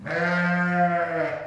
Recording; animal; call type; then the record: contact call of a hoofed animal; sheep; low-frequency (closed-mouth) or high-frequency (open-mouth) call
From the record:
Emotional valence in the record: negative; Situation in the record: short social isolation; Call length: 1.47 s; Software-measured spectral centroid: 1540 Hz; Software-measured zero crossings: 1810 a second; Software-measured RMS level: -24 dBFS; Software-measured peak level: -12 dBFS